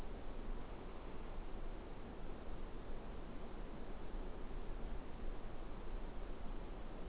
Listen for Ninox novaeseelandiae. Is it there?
no